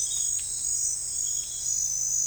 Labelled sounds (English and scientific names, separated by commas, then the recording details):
none
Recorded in forest near Pivijay, Magdalena, Colombia, on 3 June 2023 at 04:00
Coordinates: 10.467, -74.380
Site Z5-G034